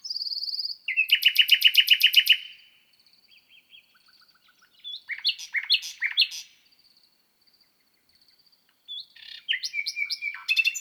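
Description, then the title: Common nightingale song opening with a pure whistle, then a loud rapid rattle of repeated notes, followed by varied chirpy phrases after a brief quiet gap. On the Lesches-en-Diois plateau in the Drôme, France, at 1000 m altitude; at night on 6 May 2018, microphones at the foot of a bush. "naturophonie. Rossignol 2018"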